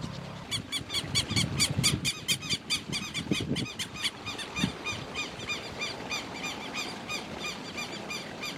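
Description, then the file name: Southern lapwing giving rapid, harsh repeated notes that grow fainter, with low thumping noises in the background early on. "canto do quero quero"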